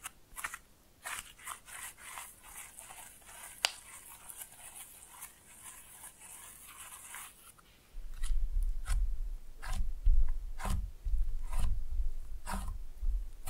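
Slime being played with: for the first seven seconds, quiet, sparse clicks and a soft hiss, with one sharp snap near four seconds. Around eight seconds it turns louder, with deep wet squelches and crackly bursts arriving every second or so until the end.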